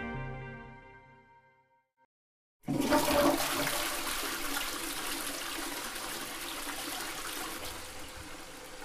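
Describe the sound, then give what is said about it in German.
A toilet flushes with a sudden loud rush of water that keeps churning and gurgling steadily, following a brief low tonal fade and a moment of silence. “Viel Lärm ums stille Örtchen. Der Welttoilettentag.”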